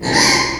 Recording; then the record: squeal of a Yucatan mini pig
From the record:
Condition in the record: before surgery on the right vocal fold (resection and tissue-engineered implant); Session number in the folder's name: 1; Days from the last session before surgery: -3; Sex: male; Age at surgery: 12 weeks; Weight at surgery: 13 kg